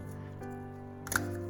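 The small click clasp on a doll's plastic bag accessory is opened over a steady, tonal background hum. Two sharp clicks are heard at 1.1 s and 1.2 s as the clasp releases and the bag comes open.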